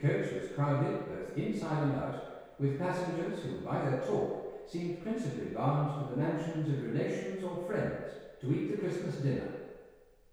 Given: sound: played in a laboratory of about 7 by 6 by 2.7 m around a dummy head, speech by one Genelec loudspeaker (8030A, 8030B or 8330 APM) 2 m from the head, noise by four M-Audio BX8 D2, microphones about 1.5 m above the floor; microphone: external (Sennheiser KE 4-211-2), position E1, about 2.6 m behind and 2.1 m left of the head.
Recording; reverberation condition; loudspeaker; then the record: male speech in English; high; 120 degrees to the left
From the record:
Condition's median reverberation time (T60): about 1300 ms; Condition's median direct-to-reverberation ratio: about -4.0 dB